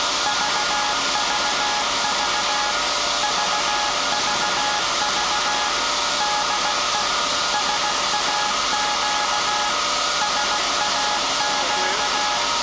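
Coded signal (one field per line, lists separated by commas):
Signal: Morse code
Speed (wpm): 16 wpm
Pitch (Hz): 840 Hz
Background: none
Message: VVV VVV DE SAQ SAQ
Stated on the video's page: Live transmission of a message from SAQ Grimeton, the 1924 Alexanderson Alternator, at the World Heritage radio station.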